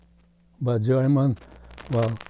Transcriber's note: microphone disturbance